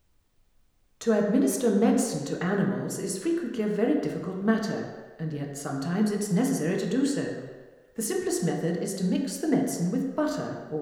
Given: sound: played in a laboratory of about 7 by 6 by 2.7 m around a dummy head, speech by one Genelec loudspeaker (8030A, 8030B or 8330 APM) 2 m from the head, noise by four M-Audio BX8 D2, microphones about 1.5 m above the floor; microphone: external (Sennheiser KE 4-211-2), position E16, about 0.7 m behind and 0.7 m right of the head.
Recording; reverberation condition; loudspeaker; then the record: female speech in English; high; 150 degrees to the right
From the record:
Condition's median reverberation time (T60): about 1300 ms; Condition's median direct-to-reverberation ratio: about -4.0 dB